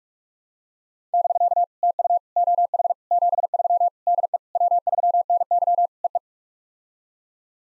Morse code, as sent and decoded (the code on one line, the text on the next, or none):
-...-.- / - ..- / --- .... / --... ...-- / -.. . / .-- ...-- -. -.-- / . .
<BK> TU OH 73 DE W3NY EE